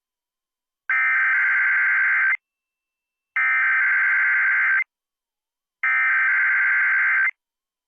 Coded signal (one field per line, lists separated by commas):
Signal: Emergency Alert System (SAME) tones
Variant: header bursts